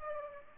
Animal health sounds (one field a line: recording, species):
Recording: mosquito wingbeat signal from an infrared sensor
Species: Culex pipiens